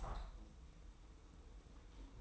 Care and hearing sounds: daily activity, microphone in the room; open window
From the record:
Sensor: 1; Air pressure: 990.3 hPa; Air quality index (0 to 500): 172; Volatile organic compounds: 1000 ppm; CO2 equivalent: 6319 ppm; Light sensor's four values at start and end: 21/48/21/22 and 22/48/21/22

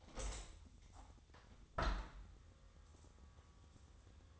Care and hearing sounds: daily activity, microphone in the room; open window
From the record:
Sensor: 3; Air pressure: 1000.5 hPa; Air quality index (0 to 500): 173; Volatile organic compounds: 3 ppm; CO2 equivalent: 1500 ppm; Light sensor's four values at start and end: 13/34/13/15 and 14/36/14/16

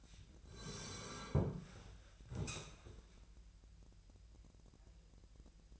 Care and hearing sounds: daily activity, microphone in the room; sit down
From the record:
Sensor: 2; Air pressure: 1001.8 hPa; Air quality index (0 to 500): 238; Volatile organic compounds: 71 ppm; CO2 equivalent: 3528 ppm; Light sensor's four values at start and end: 7/16/7/7 and 8/19/8/9

